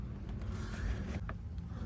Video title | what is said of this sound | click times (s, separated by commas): Air Filter Replacement 2023 Mercedes Benz Sprinter with 4 cyl Gas Engine | until you hear the click. | 1.3 s